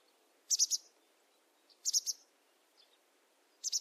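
Bird giving very high, sharp chirps in tight bursts of three, each burst repeated about every one and a half seconds against a quiet background.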